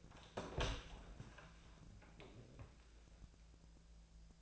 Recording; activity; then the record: daily activity, microphone in the room; open door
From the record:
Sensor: 2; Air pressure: 1000.4 hPa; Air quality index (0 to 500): 174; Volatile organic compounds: 3 ppm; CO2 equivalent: 1448 ppm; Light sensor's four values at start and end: 9/22/9/10 and 10/23/9/10